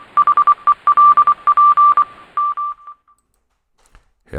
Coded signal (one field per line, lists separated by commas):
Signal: Morse code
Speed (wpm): 24 wpm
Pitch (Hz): 1180 Hz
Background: none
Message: HELP M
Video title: Is This the Ultimate Ham Radio?